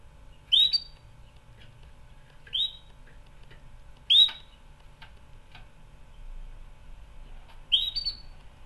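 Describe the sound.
Canary call notes: four short sharp rising chirps at irregular intervals, with faint clicks between them.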